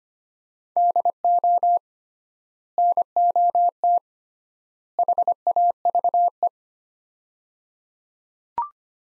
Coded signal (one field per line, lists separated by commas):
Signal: Morse code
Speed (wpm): 25 wpm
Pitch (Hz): 700 Hz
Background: none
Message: DO NOT HAVE